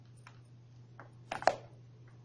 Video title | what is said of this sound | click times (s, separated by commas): IRULU WALKNBOOK Setting up keyboard and windows 8.1 for iRulu 10.1 inch windows tablet | it's magnetic pops right into place and | 1.5 s